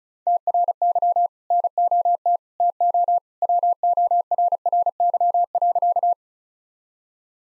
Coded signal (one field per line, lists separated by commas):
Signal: Morse code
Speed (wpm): 35 wpm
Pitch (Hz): 700 Hz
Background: none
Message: TRY NOT TO WORRY.